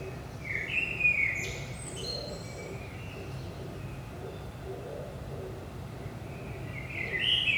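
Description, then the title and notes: Common blackbird song: one fluted, warbling phrase closing in thin high twittering notes, then quiet before another phrase begins at the end, with constant low background hum. Recorded in Saint-Gilles, Belgium, at 5 am in the early morning; captured with a DPA 4060 pair in AB position into a Zoom F3 recorder. "Saint-Gilles, Belgique - 5am Blackbird. Blackbird in the morning. Merle au petit matin"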